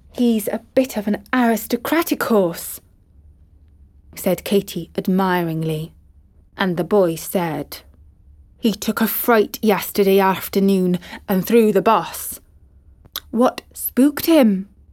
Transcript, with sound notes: “He’s a bit of an aristocrat of a horse,” said Katie admiringly. And the boy said: (West Country Accent) “He took a right fright yesterday afternoon and threw the boss.” “What spooked him?”